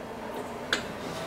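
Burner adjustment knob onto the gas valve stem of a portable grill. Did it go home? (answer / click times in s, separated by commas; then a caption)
yes / 0.7 s. The plastic burner adjustment knob of a Weber Q1200 portable grill is lined up with the flat side of the gas valve stem and pushed straight on as a pressure fit. A single short, sharp click sounds at 0.7 s over a steady low background hiss. The knob is seated on the valve stem.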